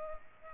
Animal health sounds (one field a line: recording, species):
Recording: mosquito wingbeat signal from an infrared sensor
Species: Culex pipiens